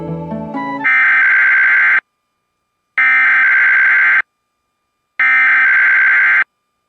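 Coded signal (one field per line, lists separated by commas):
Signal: Emergency Alert System (SAME) tones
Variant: header bursts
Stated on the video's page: Required Weekly Test caught on a portable NERP station away from home.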